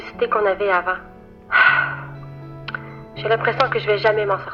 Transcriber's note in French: soupir